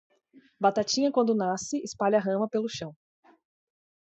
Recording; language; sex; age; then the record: short text; Brazilian Portuguese; female; 20 to 29 years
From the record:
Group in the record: control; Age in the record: 26 years